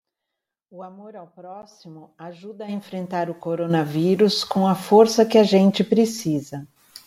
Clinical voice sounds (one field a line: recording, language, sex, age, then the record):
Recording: spoken sentence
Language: Brazilian Portuguese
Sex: female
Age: 50 to 59 years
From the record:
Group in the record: control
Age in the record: 54 years